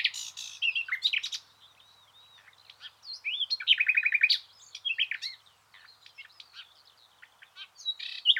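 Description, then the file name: Common nightingale singing varied phrases: sharp clicks, slurred whistles and a rapid rattling trill, with brief gaps between bursts. "Luscinia megarhynchos"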